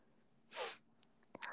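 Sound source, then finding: Adult woman. Sneeze.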